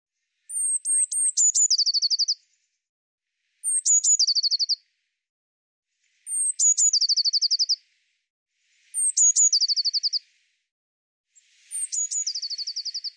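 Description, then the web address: Eurasian blue tit giving five repeated calls, each a run of very high thin notes sliding into a quick chattering trill, spaced a little under three seconds apart. "cianscape birddata Deverinetal 2025 File cleaned normalized Bird Cy Ca"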